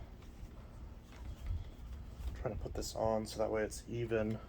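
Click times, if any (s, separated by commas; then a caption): none. A plastic hose part is being lined up on the body of a Shark PowerDetect DuoClean AZ4002W vacuum so it sits evenly before it is pushed home. Low, quiet handling rumble fills the first couple of seconds, then someone talks from about 2.4 s to the end. Nothing has clicked or seated yet.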